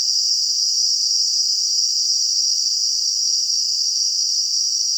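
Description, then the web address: Shrill, unbroken cicada buzz, high and even in loudness from start to finish. Cicadas in a garden. "WSPDatabase Analysis DVD Garden Cicadas"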